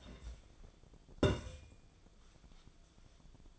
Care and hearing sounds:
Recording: daily activity, microphone in the room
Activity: take from stove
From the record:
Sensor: 5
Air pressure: 1010.0 hPa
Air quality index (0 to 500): 152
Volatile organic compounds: 3 ppm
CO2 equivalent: 1482 ppm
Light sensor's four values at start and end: 246/601/255/280 and 249/596/257/285

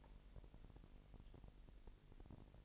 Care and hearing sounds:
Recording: daily activity, microphone in the room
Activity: take from stove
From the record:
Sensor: 5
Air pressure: 1002.1 hPa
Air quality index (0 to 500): 249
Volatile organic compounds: 9 ppm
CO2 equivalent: 2169 ppm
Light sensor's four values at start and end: 20/44/19/21 and 20/43/19/21

